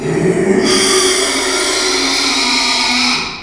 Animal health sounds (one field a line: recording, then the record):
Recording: squeal of a Yucatan mini pig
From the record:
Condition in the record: after surgery on the right vocal fold (resection and tissue-engineered implant)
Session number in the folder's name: 2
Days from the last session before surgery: 13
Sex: male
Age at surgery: 12 weeks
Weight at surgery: 13 kg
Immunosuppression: cyclosporine, prednisolone